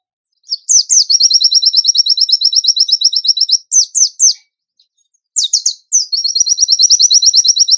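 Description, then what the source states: Bird song: sharp sweeping notes lead into long, fast, even trills of high chips, with a short silence midway. A bird singing in the tembakan gacor style; masteran training.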